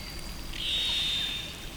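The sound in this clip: Whale whistle, one steady high tone lasting about a second that rises briefly as it begins, over a faint hiss.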